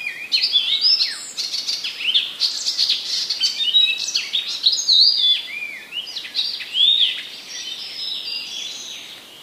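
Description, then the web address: Icterine warbler song, an unbroken, jumbled stream of scratchy, squeaky and slurred whistled notes. Recorded in 2015; part of a passerine collection. "wroblowe kolekcja zaganiacz 2015"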